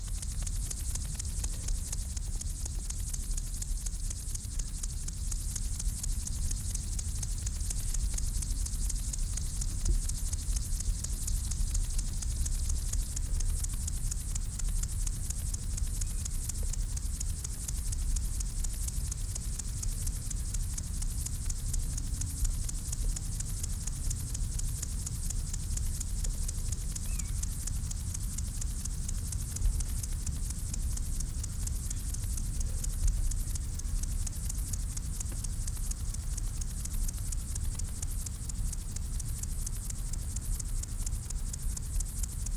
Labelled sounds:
Upland Field Grasshopper (Chorthippus apricarius) stridulation
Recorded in the wild
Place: Blankenfelde, Berlin, DE
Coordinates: 52.625, 13.404
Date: 1992-08-09
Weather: sonnig, 26-29°C
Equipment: Marantz CP 430, Sennheiser ME 80, Kopie Tesla B 116
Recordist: Tembrock, Günter

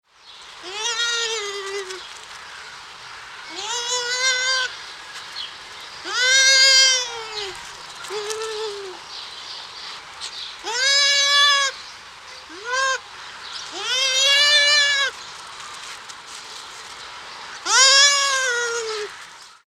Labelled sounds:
Bush Dog (Speothos venaticus)
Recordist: Tembrock, Günter
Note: Laute beim Umherlaufen

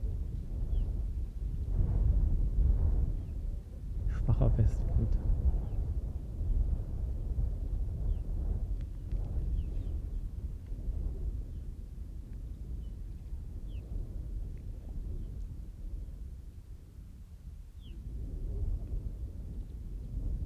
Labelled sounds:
Arctic Fox (Vulpes lagopus) barking
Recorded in the wild
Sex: male
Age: adult
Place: Insel Mednyi, Kommandeur-Inseln, RU
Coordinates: 54.5167, 168.083
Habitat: tundra
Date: 1999-07-20 20:58
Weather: fair, no clouds, 10°C, weak westerly winds
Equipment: Sony TCD-D8, Sennheiser MKH 70, Windkorb
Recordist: Frommolt, Karl-Heinz

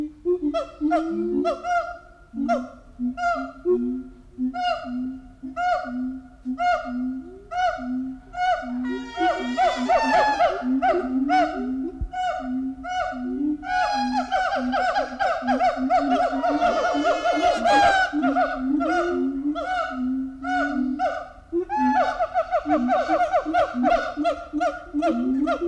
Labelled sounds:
Siamang (Symphalangus syndactylus)
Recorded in captivity
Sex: diverse
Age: diverse
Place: Zoo Berlin, Berlin, DE
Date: 1993-07-17 10:50
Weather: 20-22 °C, heiter-wolkig
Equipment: Marantz CP 430, Sennheiser ME 80, Kopie Uher Variocord 263
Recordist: Tembrock, Günter

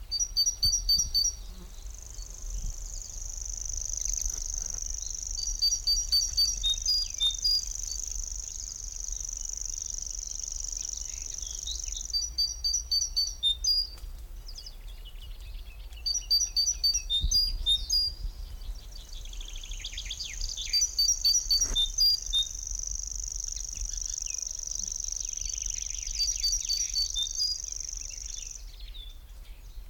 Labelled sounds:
Great Tit (Parus major) call
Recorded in the wild
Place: Kremmen, Brandenburg, DE
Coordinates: 52.76, 13.03
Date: 1995-06-03 11:30
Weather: heiter, 18°C
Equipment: Marantz CP 430, Sennheiser ME 80, Kopie Uher 4000 Report Monitor
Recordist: Tembrock, Günter

